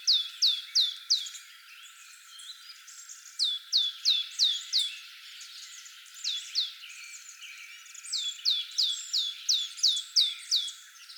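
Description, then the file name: Great tit in several clusters of clipped, falling high notes separated by short pauses. "Parus major"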